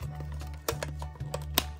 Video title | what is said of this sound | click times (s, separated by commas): Casa de Muñecas de GABBY, GATIRENA | Eso, ya hizo clic, ahí, clic. | 1.6 s